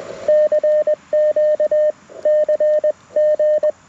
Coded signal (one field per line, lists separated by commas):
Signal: Morse code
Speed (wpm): 20 wpm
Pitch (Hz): 610 Hz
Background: radio noise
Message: CQ CG